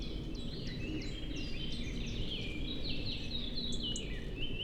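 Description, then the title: Common nightingale singing varied phrases of whistles, chirps and sharp rising and falling notes over a steady low rumble. First nightingale songs of the year: a solo daytime singer on a wide drivable track in planted Forêt de Chautagne near roads, Serrières-en-Chautagne, France; Dodotronic stereo parabola. "Forêt de Chautagne - Serrières-en-Chautagne, France - Premiers rossignols de l'an"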